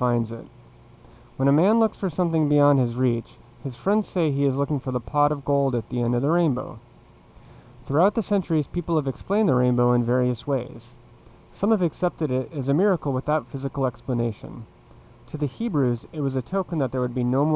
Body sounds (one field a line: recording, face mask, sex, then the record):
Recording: reading aloud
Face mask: surgical mask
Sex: male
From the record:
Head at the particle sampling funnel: facing it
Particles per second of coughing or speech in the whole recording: 0.209